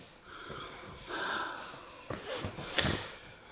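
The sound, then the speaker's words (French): A series of breathy, wheezing sniffs and snorting inhales of ether, several sharp nasal intakes spaced irregularly over a few seconds, with no talking. “Dites donc, mademoiselle Michonneau, il renifle à l'éther.”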